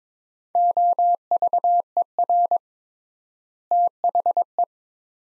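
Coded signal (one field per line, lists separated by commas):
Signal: Morse code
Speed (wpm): 22 wpm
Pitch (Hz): 700 Hz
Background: none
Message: OVER THE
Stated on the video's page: Morse practice drill at 22 wpm, sets of four words with 3x word spacing, each set sent, spoken, then sent again.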